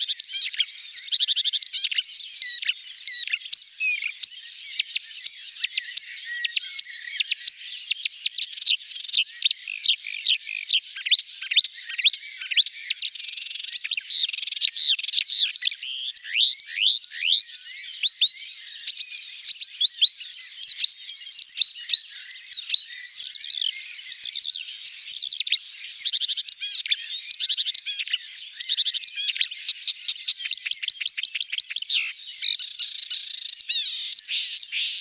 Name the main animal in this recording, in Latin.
Acrocephalus palustris